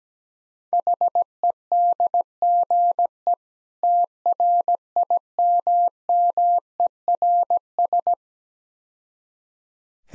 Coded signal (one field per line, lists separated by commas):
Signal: Morse code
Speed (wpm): 17 wpm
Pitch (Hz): 700 Hz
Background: none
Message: HEDGE TRIMMERS